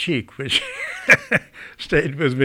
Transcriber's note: he laughs